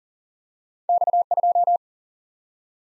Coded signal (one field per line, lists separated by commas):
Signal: Morse code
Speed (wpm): 40 wpm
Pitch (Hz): 700 Hz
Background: none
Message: X 2